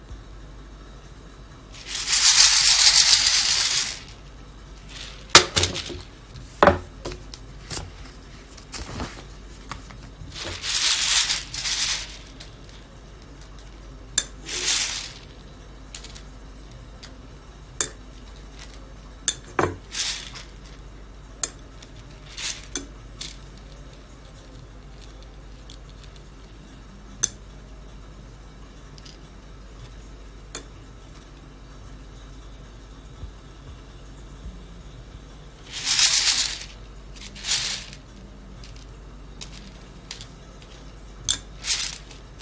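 Raw coffee beans are roasted, with loud bursts of bright rattling and hiss lasting a second or two, near 2, 11, 15 and 36 seconds. Sharp dry clicks and pops are scattered irregularly throughout over a faint, steady low hum.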